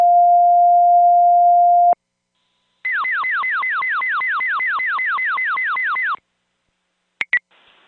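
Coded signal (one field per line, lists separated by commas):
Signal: pager alert tone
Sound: a steady low tone for two seconds, then a fast repeating descending warble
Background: radio static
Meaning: Alert for a structure fire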